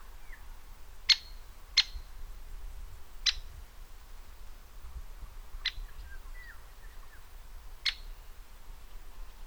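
Great spotted woodpecker giving five sharp, short 'kix' calls at uneven intervals, with faint soft bird notes in between.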